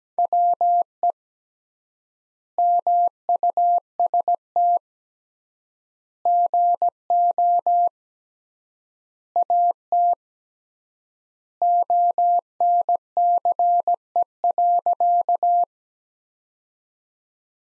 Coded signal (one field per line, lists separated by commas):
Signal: Morse code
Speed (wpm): 17 wpm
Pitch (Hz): 700 Hz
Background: none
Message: WE MUST GO AT ONCE.